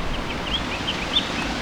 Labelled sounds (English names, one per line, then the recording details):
House Finch song
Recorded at Patchogue on Long Island, New York, on 21 June 2013
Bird F